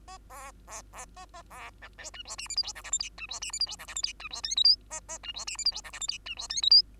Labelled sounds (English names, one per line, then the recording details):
Bengalese Finch song
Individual Bird2